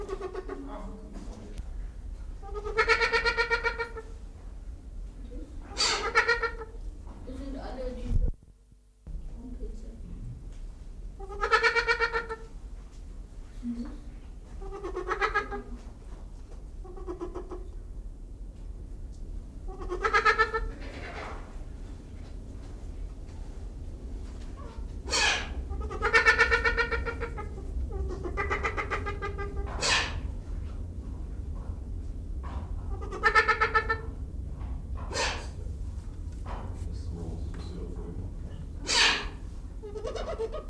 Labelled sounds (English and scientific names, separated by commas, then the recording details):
Trumpeter Hornbill (Bycanistes bucinator) call
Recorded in captivity
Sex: pair
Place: Zoo Berlin, Berlin, DE
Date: 1996-02-24 12:19
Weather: heiter, -6°C
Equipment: Sony WM-D6C, Sennheiser ME 80, Kopie Uher 4000 Report Monitor
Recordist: Tembrock, Günter